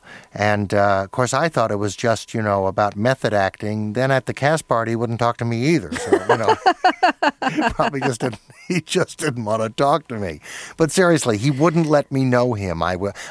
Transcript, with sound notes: And, of course, I thought it was just, you know, about method acting. Then at the cast party, he wouldn't talk to me, either. So...
(Laughter).
You know, he probably just - he just didn't want to talk to me. But seriously, he wouldn't let me know him.